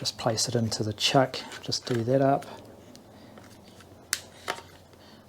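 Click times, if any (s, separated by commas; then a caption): 4.1 s. Someone talks while a masonry drill bit is placed into the keyless chuck of a Bosch Easy Impact 600W hammer drill and the chuck is hand-tightened. A sharp click at 4.1 s marks the chuck locking onto the bit, followed by a softer tick at 4.5 s. The bit is seated, and the chuck will not tighten any further.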